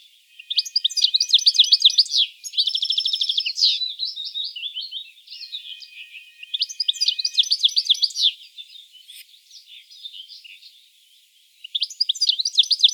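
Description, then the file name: European goldfinch song: bright, rapid twittering phrases with liquid trills and tinkling notes in bursts, pausing briefly between runs. "Carduelis carduelis"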